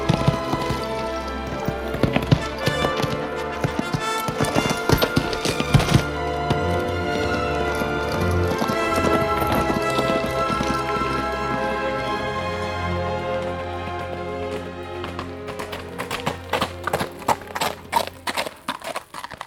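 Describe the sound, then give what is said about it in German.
Horse hooves clip-clop in a steady rhythm beneath loud, sustained orchestral music, the hoofbeats growing sharper and more distinct near the end. No one speaks. “Ich und mein Pferd warten nur auf deine Anweisungen.”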